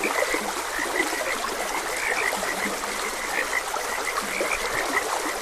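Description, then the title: Many frogs call at once in quick, repeated croaks, some low notes mixed in, over the unbroken hiss of flowing water. Frogs croaking beside a gentle stream. "Gentle Stream and Frogs Croaking"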